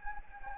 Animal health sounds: mosquito wingbeat signal from an infrared sensor; Anopheles gambiae

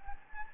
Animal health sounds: mosquito wingbeat signal from an infrared sensor; Anopheles gambiae

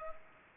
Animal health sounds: mosquito wingbeat signal from an infrared sensor; Culex pipiens

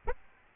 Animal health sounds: mosquito wingbeat signal from an infrared sensor; Aedes albopictus

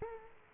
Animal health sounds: mosquito wingbeat signal from an infrared sensor; Aedes aegypti

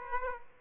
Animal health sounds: mosquito wingbeat signal from an infrared sensor; Aedes aegypti

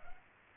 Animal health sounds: mosquito wingbeat signal from an infrared sensor; Aedes aegypti

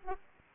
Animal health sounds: mosquito wingbeat signal from an infrared sensor; Aedes aegypti

